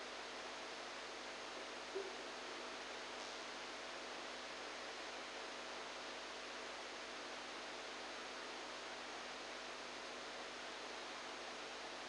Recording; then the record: brain microelectrode recording played as sound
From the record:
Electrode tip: outside the subthalamic nucleus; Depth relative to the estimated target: -8 mm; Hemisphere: right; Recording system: NeuroSet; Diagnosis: Parkinson's disease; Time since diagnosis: 10 years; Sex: male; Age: 63 years